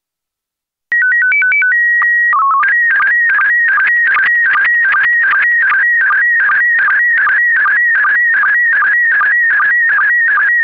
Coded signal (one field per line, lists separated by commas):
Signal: SSTV (slow-scan television)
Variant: PD 50